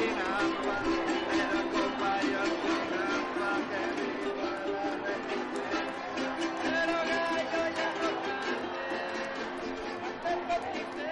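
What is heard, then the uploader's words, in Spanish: A dense protest crowd, many voices talking and shouting at once in a steady murmur with brief louder calls throughout. Paisaje sonoro de la manifestación del 20 de noviembre por los 43 de Ayotzinapa. Producción de Jonathan Gil.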